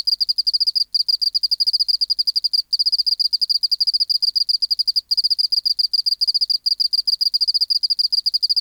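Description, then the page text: Oceanic field cricket song, a high pulsing chirp train broken by a few brief silences, otherwise continuous and even in loudness. Recorded in the BMNH Acoustic Laboratory, 19 March 1984, 11:15 local time, at 24 °C and 30% humidity, still air, dim light. "412:14 Teleogryllus oceanicus (514r2). BioAcoustica. Natural History Museum Sound Archive. Recording Location: BMNH Acoustic Laboratory Recorded by: W. J. Reynolds Date Recorded: Mandag, marts 19, 1984 Local time: 1115"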